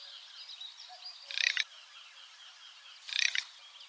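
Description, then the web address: Garganey call of two short, rasping bursts about two seconds apart, over a faint background hiss. Uzbekistan. "Uzbek hayvonlar Anas querquedula aves"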